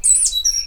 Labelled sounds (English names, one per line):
Stitchbird song